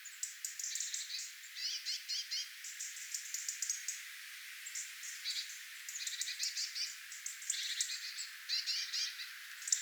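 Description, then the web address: Busy tit flock: many overlapping thin, high-pitched calls, almost continuous with brief lulls. Tit flock, recorded 11 October 2024. "paivat 11 10 2024 punarintoja tiaisparvi"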